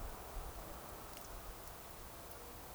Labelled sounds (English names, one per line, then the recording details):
Eurasian Woodcock whistle
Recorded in Baden-Württemberg, Germany, on 29 June 2020 at 02:28 UTC
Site 43791, 788 m above sea level